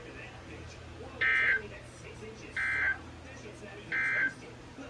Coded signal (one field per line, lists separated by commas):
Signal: Emergency Alert System (SAME) tones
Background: speech